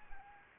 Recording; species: mosquito wingbeat signal from an infrared sensor; Anopheles gambiae